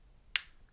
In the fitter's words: you do or hear there you do get this satisfying click to let you know that it is in